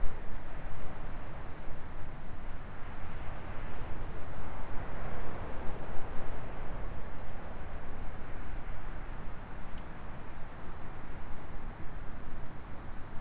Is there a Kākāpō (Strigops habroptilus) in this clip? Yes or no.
no